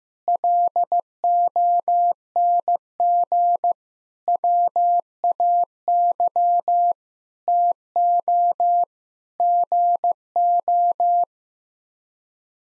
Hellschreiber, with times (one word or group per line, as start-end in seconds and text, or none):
none